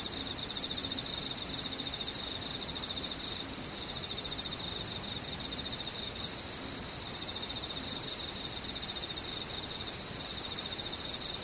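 Insects call steadily throughout, a dense, unbroken high trilling with a piercing thin tone near the top and a slightly lower pulsing chorus beneath it. A faint low rumble and soft hiss sit in the background, with no distinct events.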